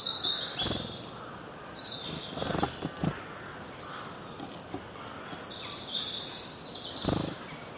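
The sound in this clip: Birds chirping, with lively high twittering phrases repeated throughout over a steady hiss.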